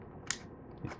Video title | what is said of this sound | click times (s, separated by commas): VwV - Billet Box Review | you can hear it click. When you snap it to, nice satisfying click. | 0.3 s